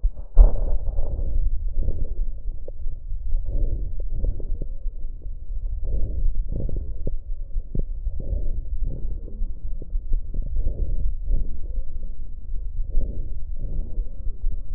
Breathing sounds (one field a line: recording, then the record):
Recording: lung sounds by stethoscope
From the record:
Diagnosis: chronic bronchitis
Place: left posterior upper chest